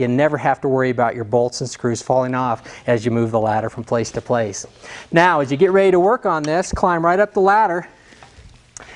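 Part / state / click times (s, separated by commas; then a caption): handrail bar into a ladder top/step bracket / seated / 8.8 s. Someone talks for most of the clip, then a handrail bar is slid into a bracket near the comfort step of a Little Giant Xtreme ladder. It clicks into place with a sharp snap at 8.8 s, seating the rail as a hold-on bar.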